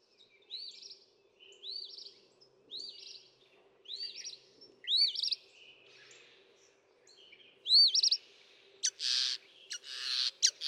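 Northern mockingbird song: arched whistled notes repeated about once a second, then a switch to loud harsh, scratchy bursts.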